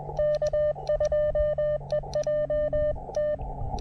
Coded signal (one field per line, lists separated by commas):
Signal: Morse code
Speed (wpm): 21 wpm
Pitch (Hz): 590 Hz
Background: none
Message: K2EJT